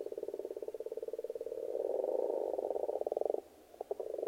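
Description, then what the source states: Frogs giving a steady rapid croaking chorus, pulsed and continuous, dropping out briefly before a few short croaks return. Frogs in a pond.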